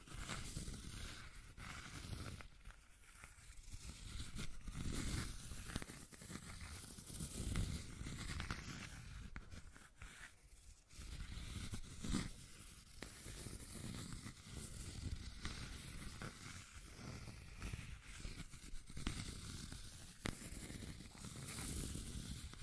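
Dense, continuous scratching and tracing with a hissing, crackly grain over a low rumble, swelling and easing in uneven strokes throughout.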